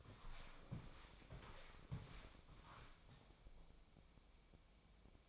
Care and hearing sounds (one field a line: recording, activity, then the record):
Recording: daily activity, microphone in the room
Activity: walk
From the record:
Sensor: 1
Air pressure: 1000.5 hPa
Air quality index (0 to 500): 173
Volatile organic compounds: 4 ppm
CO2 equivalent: 1604 ppm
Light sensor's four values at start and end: 14/34/14/16 and 13/33/14/16